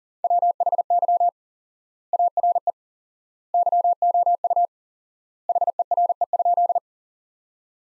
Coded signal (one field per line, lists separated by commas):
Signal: Morse code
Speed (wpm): 40 wpm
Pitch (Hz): 700 Hz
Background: none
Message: WHY ARE YOU HERE?